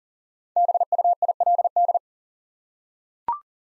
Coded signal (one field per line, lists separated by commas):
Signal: Morse code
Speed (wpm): 39 wpm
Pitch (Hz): 700 Hz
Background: none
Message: BUILD